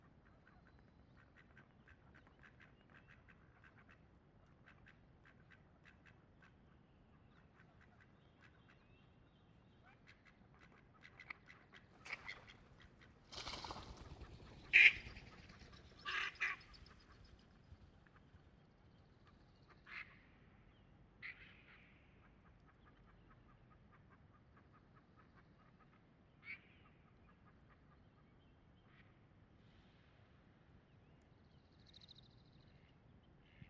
Mallard calls from a female recorded at Bierstadt Lake in Rocky Mountain National Park.